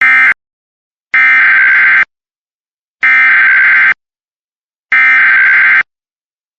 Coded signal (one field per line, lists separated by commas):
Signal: Emergency Alert System (SAME) tones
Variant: header bursts